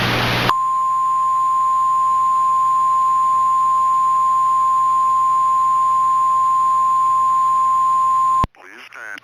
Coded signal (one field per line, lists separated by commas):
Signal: Emergency Alert System (SAME) tones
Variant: 1050 Hz attention tone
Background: speech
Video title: EAS Mock: Benton Tornado